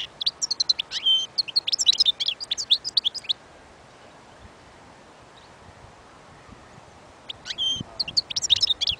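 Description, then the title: European goldfinch song: a quick run of tinkling, twittering notes for about three seconds, a quiet gap, then the twittering resumes near the end. Wild bird. "اجمل غناءالحسون الخلويchant chardonneret sauvage collection"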